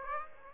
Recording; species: mosquito wingbeat signal from an infrared sensor; Aedes aegypti